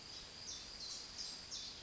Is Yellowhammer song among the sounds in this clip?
no